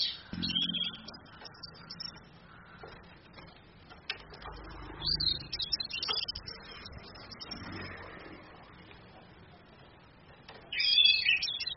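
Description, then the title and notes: Orange-headed thrush: bursts of high, varied chattering song at the start and again at the end, with low rustling and background noise between them. Female; used as a tutor to train other songbirds. "ANIS KEMBANG BETINA CAS DENGAN LAYAR HP. Masteran Anis Kembang"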